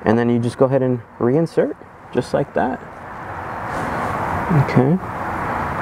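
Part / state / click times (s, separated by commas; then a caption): license plate lamp assembly into rear bumper housing / not seated / none. Someone talks while an LED license plate lamp assembly from a third-generation 2016–2021 Toyota Tacoma is pushed back into its plastic rear bumper opening, where a click would mean it is fully inserted and won't come loose. From about 3 seconds, steady broadband noise rises under the speech. Nothing has seated or clicked yet.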